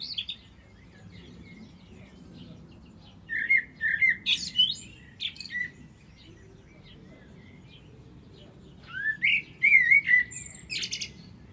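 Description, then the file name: Common blackbird song: two fluted, warbling phrases several seconds apart, each ending in high, squeaky twitters, over a faint low rumble. "Turdus merula"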